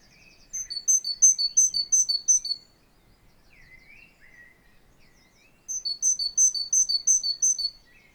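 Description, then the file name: Great tit singing ringing alternating high and low notes in a rapid repeated series, a gap with soft lower chirps, then the series resumes. "Parus major"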